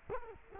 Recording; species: mosquito wingbeat signal from an infrared sensor; Culex quinquefasciatus